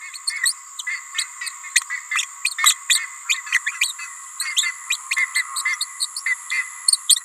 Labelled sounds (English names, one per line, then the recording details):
Green-rumped Parrotlet babbling
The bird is a female
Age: 28 days
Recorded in a nest box in Venezuela
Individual 17B31A3